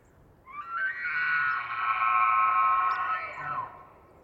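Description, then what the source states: Elk scream: a long, high, strained tone with rich harmonics that holds steady for about three seconds, then fades, over a quiet low background hiss. Bull elk scream in rutting season, males vocal just before hunting season opens; Colockum Wildlife Area, Washington, pine-covered high plateau, September 18, morning after a windstorm.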